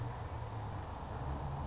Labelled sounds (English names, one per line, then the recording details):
Anna's Hummingbird
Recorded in Sonoma County, California